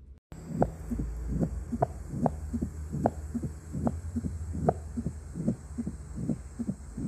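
Adult heart by stethoscope at about 74 beats per minute: mitral stenosis murmur, a low-pitched holodiastolic rumble with presystolic accentuation at the end of diastole. Best heard at the apex, sixth intercostal space in the left midclavicular line, radiating to the axilla; made louder by the Valsalva maneuver or exercise.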